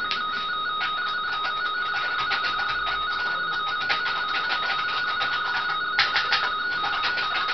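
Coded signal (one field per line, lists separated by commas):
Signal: RTTY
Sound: rapid warbling between two close tones under hissy static with crackling bursts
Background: radio static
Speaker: Vamos a volver a probar.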